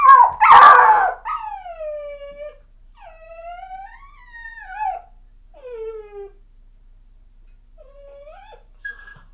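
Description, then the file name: Dog, a puppy, gives one harsh yelp, then a string of falling, quavering whines and short howls separated by brief pauses, fading toward the end. "Jake The Puppy"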